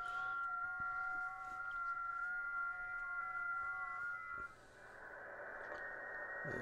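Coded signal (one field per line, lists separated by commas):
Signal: FT8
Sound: several steady overlapping warbling tones, ending in rising hiss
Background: radio static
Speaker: you can see that as they appear on the radio they're output to the screen there's another couple there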